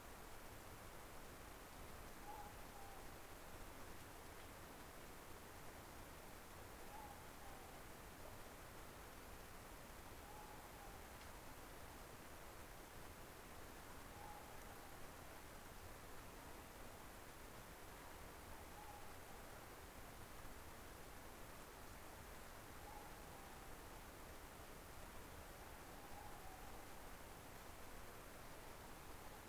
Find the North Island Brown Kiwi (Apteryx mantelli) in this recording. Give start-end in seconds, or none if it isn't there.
none